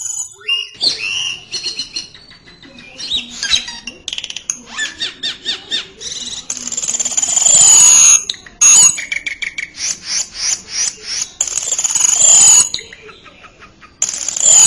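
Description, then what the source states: Songbird: bird song of loud harsh squeals and strings of rapid repeated chirps, with buzzy trills and short pauses between phrases. Masteran recording for training songbirds.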